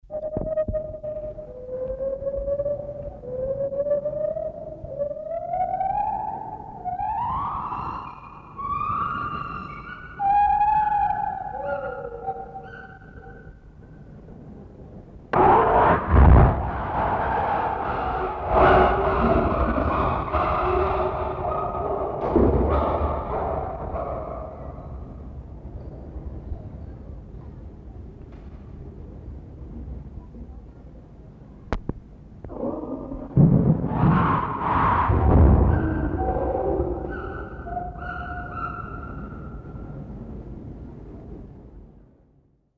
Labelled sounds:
Lar Gibbon
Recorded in captivity
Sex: pair
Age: adult
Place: Zoo Berlin, Berlin, DE
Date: 1960-10-10 12:00
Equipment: Minifon, Kopie Smaragd
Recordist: Tembrock, Günter
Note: Rufreihen des Paares, das Männchen fällt in die Rufreihen des Schimpansen ein

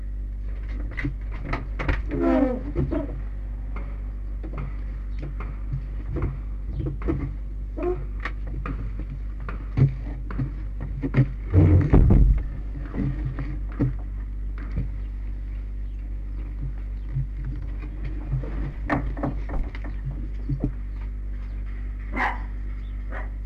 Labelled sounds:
Red Fox
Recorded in captivity
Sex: female
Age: juvenile
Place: Zoologisches Institut der HUB, Berlin, DE
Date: 1958-06-25 13:50
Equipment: Smaragd
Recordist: Tembrock, Günter

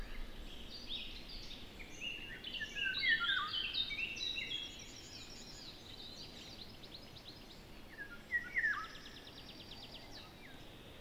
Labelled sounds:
Eurasian Golden Oriole
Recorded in the wild
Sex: female
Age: adult
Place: Zepernick, Naturpark Barnim, Brandenburg, DE
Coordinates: 52.6568, 13.5086
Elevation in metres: 62
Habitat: poplar grove
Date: 2014-06-01 07:40
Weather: sunny, 10°C, almost windless
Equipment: Sound Devices 702, Sennheiser MKH 70, Rycote Windschutz
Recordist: Frommolt, Karl-Heinz
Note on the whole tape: Hobrechtsfelder Rieselfelder, Pappelbestand: Ruf eines weiblichen Pirols, eventuell auch Weibchengesang. Tier beim Ruf gesehen, danach Standortwechsel

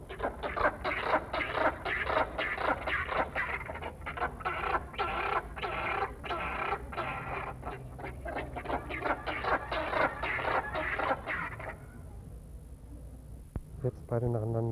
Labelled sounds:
Southern Rockhopper Penguin call
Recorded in captivity
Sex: pair
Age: adult
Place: Tierpark Carl Hagenbeck, Hamburg, DE
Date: 1961-08-25 15:00
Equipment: Minifon, Kopie Smaragd
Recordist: Tembrock, Günter

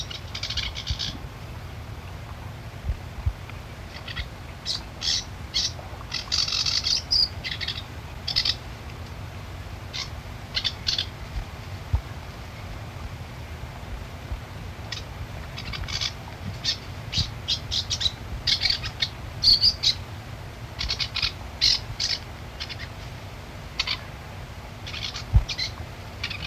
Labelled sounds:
Moustached Warbler song
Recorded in the wild
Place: Illmitz, AT
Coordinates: 47.7544, 16.7631
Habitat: Wetland
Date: 1963-08-15
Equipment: Uher Report 4000, AKG D190
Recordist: Krey, Winfried
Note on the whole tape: (Gesang)

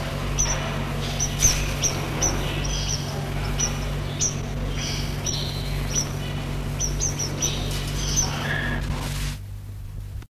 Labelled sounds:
Black-headed Waxbill call
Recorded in captivity
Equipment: Halbspur, 9,5 cm/s
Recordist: Lütgens, Hans

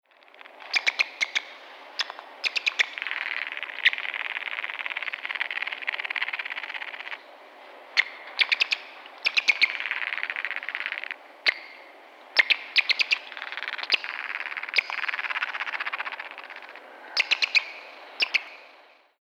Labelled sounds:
Gray Red-backed Vole
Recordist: Tembrock, Günter
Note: Lautfolgen und Zähneklappern

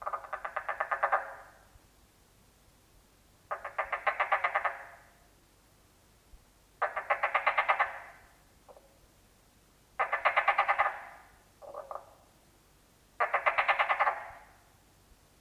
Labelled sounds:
Marsh Frog call
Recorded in captivity
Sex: male
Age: adult
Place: Museum für Naturkunde Berlin, Berlin, DE
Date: 1966-04-25 22:30
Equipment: Smaragd, Grundig-Mikrofon
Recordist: Günther, Rainer

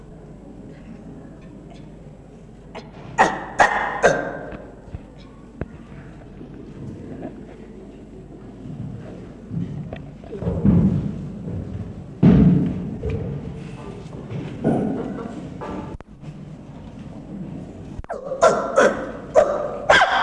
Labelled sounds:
Chimpanzee call
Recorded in captivity
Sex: male
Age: juvenile
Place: Tierpark Berlin, Berlin, DE
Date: 1965-08-30 15:00
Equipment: R 21, Dynamisches Mikro 21a
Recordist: unbekannt, keine Angabe
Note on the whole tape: Männchen (Tim, 3-jährig) bei Begegnung mit einem Gorilla-Weibchen (Kama, 2-jährig): "uh"-Laute

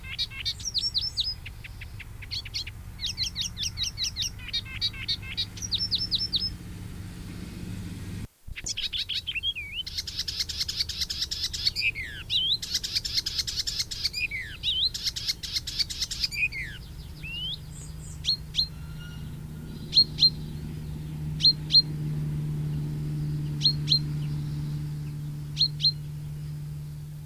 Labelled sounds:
Icterine Warbler song
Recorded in the wild
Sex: male
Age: adult
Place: Hemhofen, Bayern, DE
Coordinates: 49.68, 10.9361
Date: 1964-06-02
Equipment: Original, Vollspur, Parabolspiegel Grampian
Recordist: Tretzel, Erwin

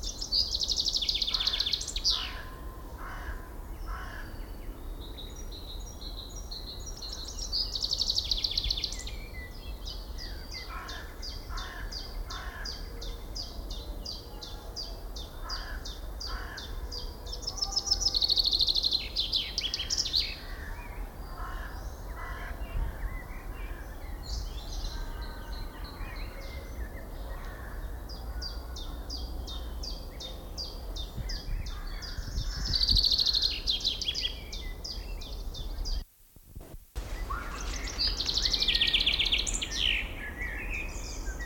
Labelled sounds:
Common Chaffinch
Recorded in the wild
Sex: male
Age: adult
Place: Schloßpark Niederschönhausen, Berlin, DE
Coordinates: 52.53, 13.41
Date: 1995-05-25 19:00
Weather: heiter, 23°C
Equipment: Marantz CP 430, Sennheiser ME 80, Kopie Uher 4000 Report Monitor
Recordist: Tembrock, Günter

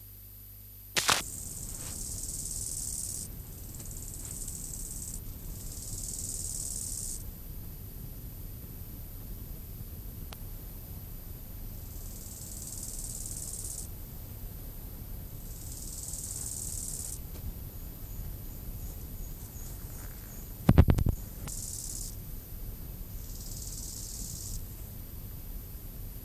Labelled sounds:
Bow-winged Grasshopper stridulation
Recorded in the wild
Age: imago
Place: Lanke, Brandenburg, DE
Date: 2005-08-22 15:11
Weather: sonnig, 26°C
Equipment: Panasonic RQ-2102, Sennheiser ME 80, Kopie Uher 4000 Report Monitor
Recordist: Tembrock, Günter
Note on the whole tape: Lanke, am Bogensee: Stridulation, Windgeräusche und Aufnahme größtenteils stark verrauscht

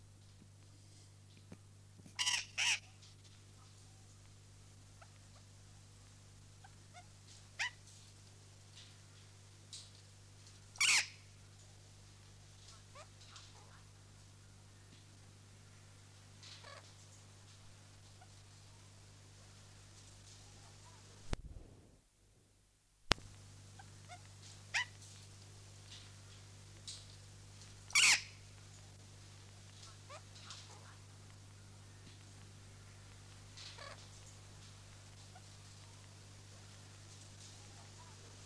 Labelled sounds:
Burrowing Parrot call
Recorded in captivity
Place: Tierpark Berlin, Berlin, DE
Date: 2006-09-14 13:40
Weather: sonnig, 25°C
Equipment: Grundig CR 110, Sennheiser ME 80, Kopie Uher 4000 Report Monitor
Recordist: Tembrock, Günter

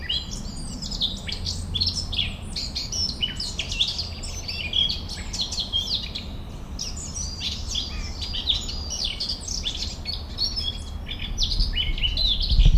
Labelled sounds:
Eurasian Blackcap song
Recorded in the wild
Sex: male
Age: adult
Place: Runding, Bayrischer Wald, Bayern, DE
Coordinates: 49.2158, 12.8067
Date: 2004-06-30
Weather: fair, 15°C, weak to moderate winds
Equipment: Tascam DA-P1, Sennheiser MKH 70, Windkorb
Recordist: Frommolt, Karl-Heinz

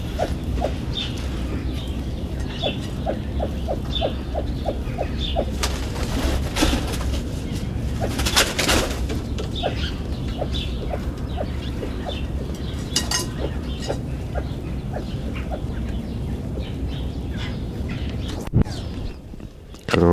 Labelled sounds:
Mrs. Hume's Pheasant call
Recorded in captivity
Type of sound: call sequence
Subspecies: humiae
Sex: female
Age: adult
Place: Tierpark Berlin, Berlin, DE
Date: 1974-01-13 11:10
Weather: sunny, ca. 5°C
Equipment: Uher 4200 Report Stereo, Sennheiser MD 421, Verstärker
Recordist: Tembrock, Günter
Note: Grauschwanzburmafasan. Lautfolgen des Weibchens beim Fressen. Abstand ca. 5 m

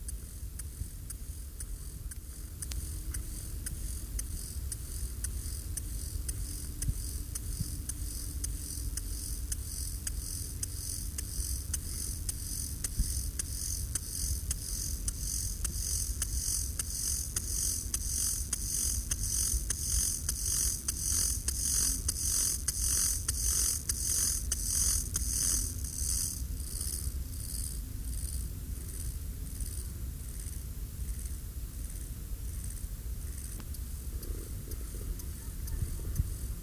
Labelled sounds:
Lesser Field Grasshopper stridulation
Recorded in the wild
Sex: male
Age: imago
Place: Lübars, Berlin, DE
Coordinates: 52.6167, 13.35
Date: 1998-08-16 18:49
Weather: keine Sonne mehr, ca. 22°C
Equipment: Marantz CP 430, Sennheiser ME 80, Kopie Uher 4000 Report Monitor
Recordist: Tembrock, Günter

